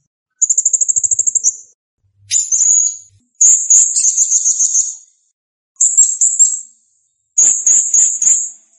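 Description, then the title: Blue-crowned hanging parrot giving very high, thin, rapid trilled phrases, five bursts of shrill buzzy chattering separated by short silences. Training recording (masteran) used to teach songbirds, of a clear, vocally active individual. "Masteran Burung Serindit Masteran Serindit Gacor Jernih"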